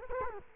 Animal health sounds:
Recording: mosquito wingbeat signal from an infrared sensor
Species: Culex quinquefasciatus

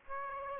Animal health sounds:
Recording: mosquito wingbeat signal from an infrared sensor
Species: Aedes aegypti

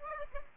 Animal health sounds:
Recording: mosquito wingbeat signal from an infrared sensor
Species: Aedes aegypti

